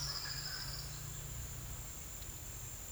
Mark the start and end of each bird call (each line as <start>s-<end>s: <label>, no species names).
0.00s-0.94s: bird call